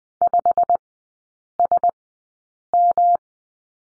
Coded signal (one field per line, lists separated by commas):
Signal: Morse code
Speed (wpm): 20 wpm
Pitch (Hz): 700 Hz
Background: none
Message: 5SM